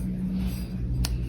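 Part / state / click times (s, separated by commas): baitrunner lever into its locked free-spool position on a spinning fishing reel / seated / 1.0 s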